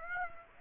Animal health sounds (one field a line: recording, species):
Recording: mosquito wingbeat signal from an infrared sensor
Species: Aedes aegypti